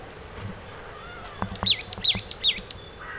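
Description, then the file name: Marsh tit giving a brisk series of several sharp, curving high notes, with a few light clicks. "Poecile palustris"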